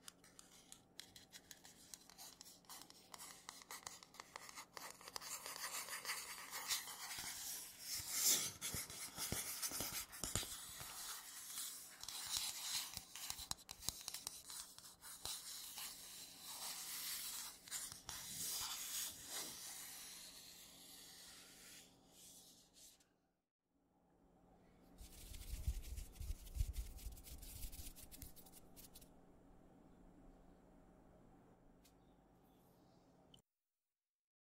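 Scratchy tapping and rubbing on matte surfaces, a dense, gritty scraping texture full of quick crackly strokes that swell and ease through the first twenty seconds. A brief silence near 23 seconds, then a second burst of scratching with deeper thumps before it cuts off at the end.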